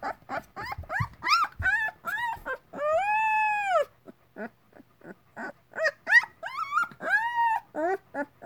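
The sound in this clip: Dog: puppy howling and yelping: short rising yips break into a long wavering howl, then more high yelps and another drawn-out howl near the end.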